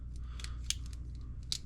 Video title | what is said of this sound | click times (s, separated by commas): 2025 TacPack Patriot Gold Box – Redemption or Final Nail in the Coffin? | Easy to flip up, locks in place. | 1.5 s